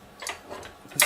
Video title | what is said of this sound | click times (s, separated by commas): CupCakes(Mixing and Baking) | there until it clicks then | 1.0 s